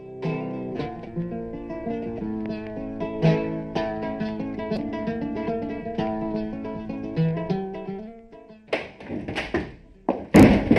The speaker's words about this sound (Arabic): يا إلهي، ماذا جرى لك يا امرأة؟ لماذا تصفقين الباب بعصبية هكذا؟